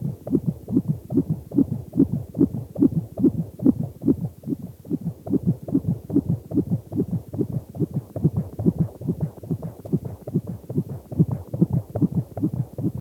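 Fast, steady, muffled thumping at about 143 beats a minute, with a soft whooshing quality between beats. This is a fetal heartbeat picked up by direct contact at 38 weeks of pregnancy, at a rate within the usual fetal range.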